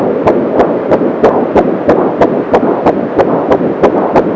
Fetal Heartbeat.